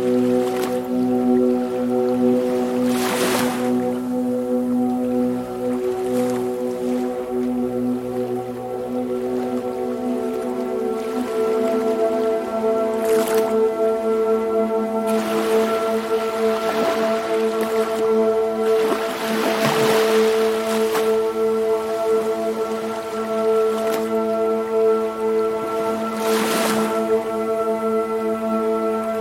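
Ambient music of long, steady sustained tones holds through the whole stretch, with a low drone and a shift in its chords around ten seconds. Soft washes of wave-like noise swell up every few seconds, at about 3, 13, 17, 20 and 26 seconds.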